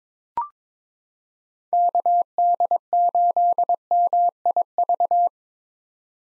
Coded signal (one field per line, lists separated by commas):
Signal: Morse code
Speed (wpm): 22 wpm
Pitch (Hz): 700 Hz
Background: none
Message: KD8MIV